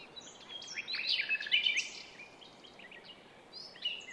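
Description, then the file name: Common nightingale delivering a brief, intense phrase of rattling and whistled notes, then quieter fragments, with steady hiss throughout. "Luscinia megarhynchos"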